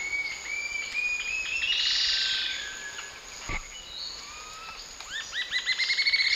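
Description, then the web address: White-chinned jacamar giving a long, thin rising whistle, then a quickening series of sharp upslurred notes, over a steady high insect drone. South America, eastern lowlands; recording includes both calls and song. "Natures Songs S America Eastern Lowlands Galbula tombacea, calls and song"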